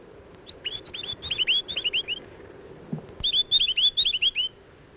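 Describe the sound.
Chatham Island tomtit song in two rapid bursts of bright, slurred whistles, each a quick tumbling series of notes, with faint low background noise.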